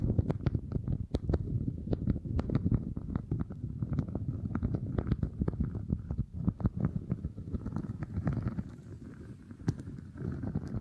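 Beeswax being squeezed and worked makes a dense, low, squishy rumble, with sharp crackling clicks popping irregularly and often throughout.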